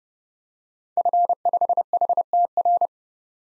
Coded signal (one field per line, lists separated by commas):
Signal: Morse code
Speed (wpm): 32 wpm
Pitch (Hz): 700 Hz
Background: none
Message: F5HTR